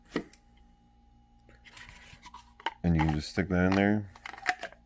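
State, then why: Seated. A utility knife is pushed into its plastic sheath, where small white retention tabs grip the blade, while someone talks. Light handling clicks and rustles lead up to a sharp click at 4.5 s as the knife locks into the sheath and seats in place.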